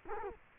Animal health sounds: mosquito wingbeat signal from an infrared sensor; Culex quinquefasciatus

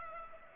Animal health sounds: mosquito wingbeat signal from an infrared sensor; Culex pipiens

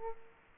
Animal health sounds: mosquito wingbeat signal from an infrared sensor; Aedes aegypti

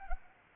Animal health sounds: mosquito wingbeat signal from an infrared sensor; Culex pipiens

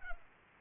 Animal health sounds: mosquito wingbeat signal from an infrared sensor; Culex pipiens

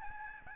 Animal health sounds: mosquito wingbeat signal from an infrared sensor; Aedes albopictus

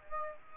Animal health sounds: mosquito wingbeat signal from an infrared sensor; Aedes aegypti

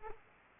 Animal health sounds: mosquito wingbeat signal from an infrared sensor; Aedes aegypti

